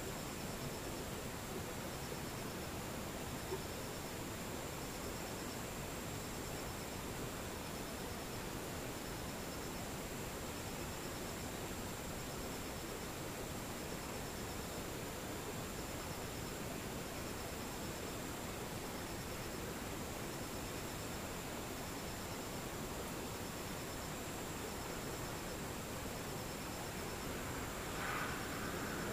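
A quiet, still scene with distant insects chirping in a faint, regular pulse high up, alongside a thin, steady high whine. A soft, even hiss fills the background throughout, and a brief brighter rustle appears near the very end.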